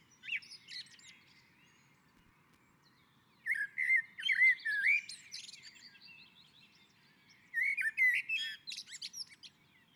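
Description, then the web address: Common blackbird singing: a brief phrase, a pause, then two longer fluty warbling phrases finishing in thin high twitters. On a roof. "Naturinspelningar Koltrast på taket"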